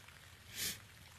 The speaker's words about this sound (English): Calm yourself. And wash it all away like this rain. Wash it all away and start all over.